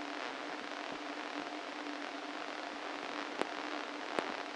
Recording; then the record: brain microelectrode recording played as sound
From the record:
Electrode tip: inside the subthalamic nucleus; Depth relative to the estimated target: 2 mm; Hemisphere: right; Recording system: NeuroSet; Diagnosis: Parkinson's disease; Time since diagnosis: 13 years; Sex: male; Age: 49 years